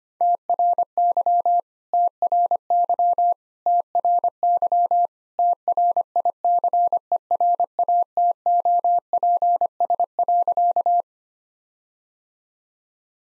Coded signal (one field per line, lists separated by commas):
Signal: Morse code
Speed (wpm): 25 wpm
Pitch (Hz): 700 Hz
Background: none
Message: TRY TRY TRY TRICERATOPS.